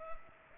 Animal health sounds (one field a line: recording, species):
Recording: mosquito wingbeat signal from an infrared sensor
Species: Culex pipiens